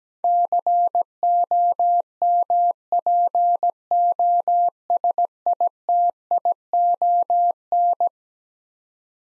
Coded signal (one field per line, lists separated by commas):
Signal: Morse code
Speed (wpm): 17 wpm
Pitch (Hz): 700 Hz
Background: none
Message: COMPOSITION